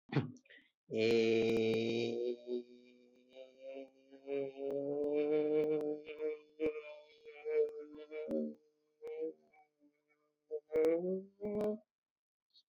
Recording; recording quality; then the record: sustained vowel as in made; excellent, no background noise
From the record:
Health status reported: exposed to COVID-19, no respiratory illness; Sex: male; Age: 25 years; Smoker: no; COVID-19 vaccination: both doses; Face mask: worn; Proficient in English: yes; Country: India